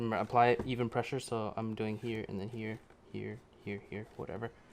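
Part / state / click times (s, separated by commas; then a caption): side mirror cover clipping onto mirror housing / not seated / none. A plastic side mirror cover is being clipped onto its mirror housing, with even pressure pressed at several points around the cover to seat the remaining clips while someone talks. Nothing has seated or clicked yet.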